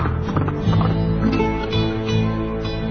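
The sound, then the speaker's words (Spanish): Horse hooves gallop in a quick, steady rhythm of hollow thuds as a rider sets off into the hills of Sierra Morena, carried over a sustained musical backdrop that runs through the whole stretch. “Por tanto, cogió el primer caballo que pilló y se lanzó al monte.”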